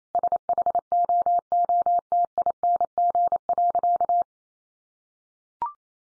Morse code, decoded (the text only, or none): SHOOTING.